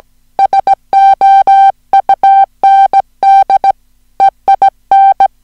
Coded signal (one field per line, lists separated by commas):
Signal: Morse code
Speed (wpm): 17 wpm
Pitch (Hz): 780 Hz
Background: music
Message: SOUND EIN